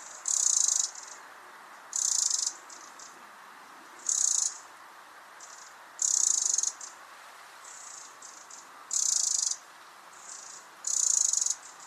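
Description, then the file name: Eurasian wren repeating loud, high, churring rattles, six bursts a few seconds apart, with soft ticking between them and steady hiss. "Troglodytes troglodytes"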